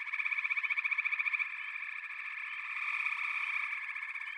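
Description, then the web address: Chorus of frogs opening with a loud run of quick pulses, then settling into a dense, ringing, trilled drone of many callers. A chorus of frogs calling together. "The Natural Sounds of the Wilderness 10 CDs collection Echoes of Nature - Frog Chorus"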